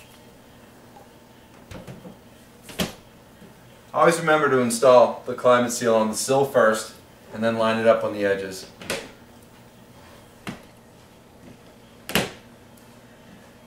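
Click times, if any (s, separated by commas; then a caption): 12.1 s. A right-hand magnetic climate seal window panel is lined up on the sill and edges, then pressed against a metal window frame while someone talks, with a few short knocks around 2.8, 8.9 and 10.5 seconds. Its magnetic edge snaps onto the metal with a sharp double click at 12.1 and 12.2 seconds, seating the panel and signalling a good fit.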